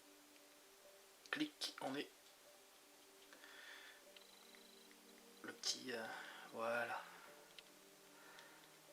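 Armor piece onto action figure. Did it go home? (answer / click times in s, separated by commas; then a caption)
yes / 7.6 s. A plastic and metal armor piece is pressed onto a Myth Cloth EX Deathmask God Cloth collectible action figure while someone talks. A single sharp tick is heard at 7.6 s as the piece clicks into place and holds.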